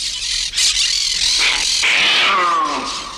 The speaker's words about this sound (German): Jetzt fällt er über unsere Papageien her. Er weiß, dass er nicht zu uns herein kann. Darum lässt er seine Wut an allem aus, was uns gehört.